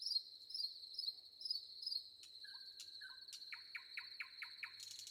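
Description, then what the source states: Common nightingale song with high chirps, a level whistle, then a run of sharp repeated notes, over a steady high shrill of crickets. Recorded with wind and crickets.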